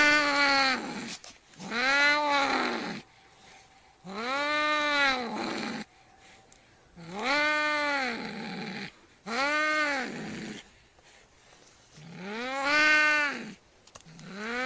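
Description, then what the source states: Domestic cat caterwauling in a slow series: six arched, moaning yowls, each rising then falling, separated by quiet gaps. Angry cat.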